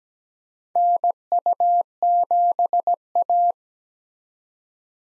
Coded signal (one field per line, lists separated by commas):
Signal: Morse code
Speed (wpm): 17 wpm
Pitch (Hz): 700 Hz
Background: none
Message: NU7A